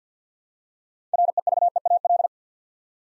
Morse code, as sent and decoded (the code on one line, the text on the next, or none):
.-. . ...- . .- .-..
REVEAL